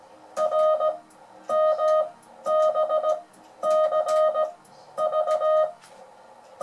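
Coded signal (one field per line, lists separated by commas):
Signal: Morse code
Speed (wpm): 17 wpm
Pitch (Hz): 620 Hz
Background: music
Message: RMBCV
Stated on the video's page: French beginners' Morse lesson demonstrating reading by ear.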